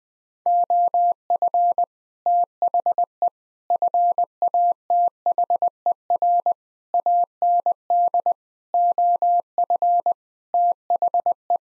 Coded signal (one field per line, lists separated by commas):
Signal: Morse code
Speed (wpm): 20 wpm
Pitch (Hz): 700 Hz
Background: none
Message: OF THE FATHER AND OF THE